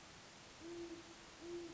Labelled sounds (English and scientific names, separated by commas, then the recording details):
Great Horned Owl (Bubo virginianus)
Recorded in Sonoma County, California